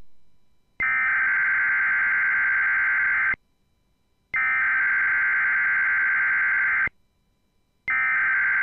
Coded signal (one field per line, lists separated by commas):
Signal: Emergency Alert System (SAME) tones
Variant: header bursts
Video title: (FOUND Safe) Terrifying Kentucky AMBER Alert (EAS #914)